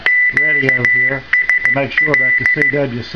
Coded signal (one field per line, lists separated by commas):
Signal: Morse code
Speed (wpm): 15 wpm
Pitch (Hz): 2000 Hz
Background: speech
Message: QSL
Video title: 10 Meter Beacon For Amateur Radio 28.272.8 World Wide